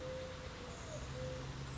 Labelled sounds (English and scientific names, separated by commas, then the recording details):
Mourning Dove (Zenaida macroura)
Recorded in Sonoma County, California